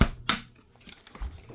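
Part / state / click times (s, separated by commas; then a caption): refrigerator door latch into RV fridge cabinet / seated / 0.0 s, 0.3 s. An RV refrigerator door is closed and pressed into its cabinet until the latch catches, producing two sharp, loud hits at 0.0 s and 0.3 s as the door shuts and latches. Fainter small ticks and a low thump follow. The latch has clicked shut and the door is secured.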